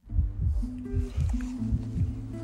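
Soft, deep thumps arrive in lub-dub pairs, steady and regular at roughly 80 beats a minute, with a faint sustained musical tone underneath. This is an adult heartbeat, offered as the sound of a loved one's heartbeat, which tugs at the heartstrings and may also lower the listener's heart rate.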